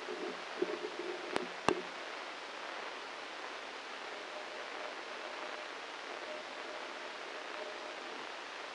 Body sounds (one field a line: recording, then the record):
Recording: brain microelectrode recording played as sound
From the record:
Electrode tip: inside the subthalamic nucleus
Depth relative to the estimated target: 4 mm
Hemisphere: right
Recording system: NeuroSet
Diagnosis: Parkinson's disease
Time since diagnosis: 9 years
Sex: male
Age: 56 years